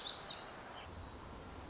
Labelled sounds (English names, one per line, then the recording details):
Black-throated Gray Warbler
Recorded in Sonoma County, California